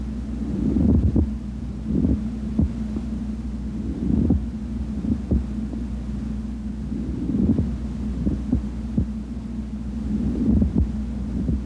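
Low, rough, grating bursts recur in clusters roughly every three seconds, about 19 a minute and somewhat irregular, over a steady low hum, heard over an adult's chest. This is a pleural friction rub: inflamed pleural surfaces rubbing together as the lungs move with breathing.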